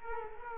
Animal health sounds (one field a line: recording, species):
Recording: mosquito wingbeat signal from an infrared sensor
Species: Culex quinquefasciatus